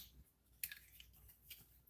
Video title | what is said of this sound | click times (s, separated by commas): Unbox And Chill Legacy United Leader Soundwave. | let's see if we can't get, there we go. That's supposed to snap into place like that. | 0.6 s